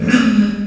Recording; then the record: squeal of a Yucatan mini pig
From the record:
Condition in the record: after surgery on the right vocal fold (resection and tissue-engineered implant); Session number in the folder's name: 9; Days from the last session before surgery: 65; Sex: female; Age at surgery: 19 weeks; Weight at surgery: 25 kg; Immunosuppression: prednisolone